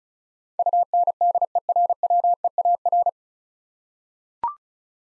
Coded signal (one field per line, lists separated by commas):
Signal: Morse code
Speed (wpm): 36 wpm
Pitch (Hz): 700 Hz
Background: none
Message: UNDERWEAR